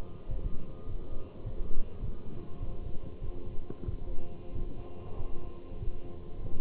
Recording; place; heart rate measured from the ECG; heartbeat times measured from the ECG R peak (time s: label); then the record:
heart sounds by stethoscope; between the tricuspid and mitral areas; 98 bpm
0.30 s: heartbeat
0.89 s: heartbeat
1.46 s: heartbeat
2.04 s: heartbeat
2.62 s: heartbeat
3.23 s: heartbeat
3.88 s: heartbeat
4.55 s: heartbeat
5.18 s: heartbeat
5.82 s: heartbeat
6.44 s: heartbeat
From the record:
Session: walking at 3.7 km/h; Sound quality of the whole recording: good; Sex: male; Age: 27 years